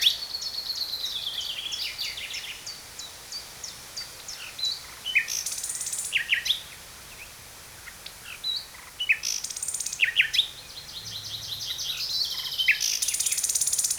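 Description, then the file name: Common nightingale song of fast repeated clicking notes, buzzy rattles and bright whistled phrases, changing pattern every few seconds with short silent gaps between phrases. "Luscinia megarhynchos"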